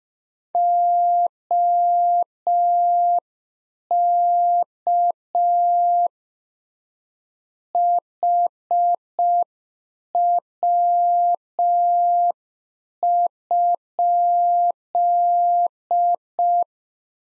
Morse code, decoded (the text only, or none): OK HW?